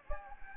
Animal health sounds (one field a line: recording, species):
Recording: mosquito wingbeat signal from an infrared sensor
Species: Anopheles gambiae